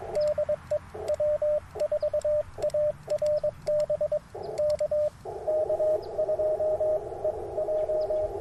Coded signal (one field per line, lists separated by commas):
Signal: Morse code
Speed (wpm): 22 wpm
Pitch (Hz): 600 Hz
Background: radio noise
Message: DE W4ARB K K2EJ